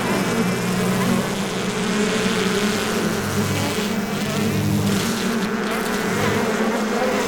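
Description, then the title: Honey bees buzzing in a heavy continuous drone, a deep steady hum. Active hive of angry bees. "Bees, Active Hive Of Angry Insects"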